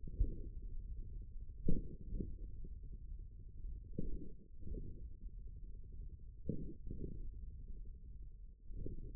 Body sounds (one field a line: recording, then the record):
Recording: forearm muscle sounds (acoustic myography)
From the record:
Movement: hook grip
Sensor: system 1, eight BSWA MPA416 microphones around the upper forearm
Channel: 7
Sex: male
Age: 41 years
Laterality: right